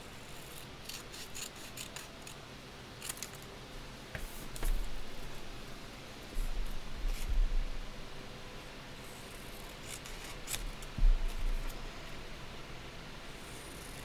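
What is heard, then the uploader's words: Candle dressing and shuffling: soft steady rustling with scattered sharp clicks and snips, louder bursts around five, seven, and eleven seconds. ASMR soundscape triggers candle dressing, shuffling, and cutting sounds.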